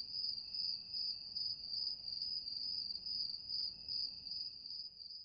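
Cricket chirping in a steady, high-pitched, continuous trill with faint pulsing and a quieter lower tone beneath, against a soft background hiss.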